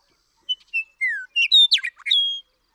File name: Western Meadowlark